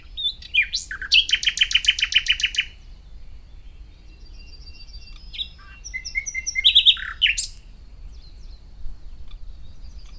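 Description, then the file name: Common nightingale song: a few sharp notes, then a fast rattling series of repeated clicks, a quiet pause with faint notes, and another burst of rich repeated notes. "Luscinia megarhynchos"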